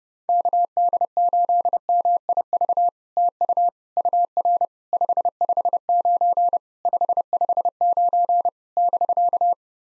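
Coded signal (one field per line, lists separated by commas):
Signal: Morse code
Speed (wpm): 27 wpm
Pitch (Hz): 700 Hz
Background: none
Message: KD8MIV TU UR 559 559 <BK>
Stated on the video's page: POTA exchange practice at 30 wpm, each exchange sent in Morse, then spoken, then sent again.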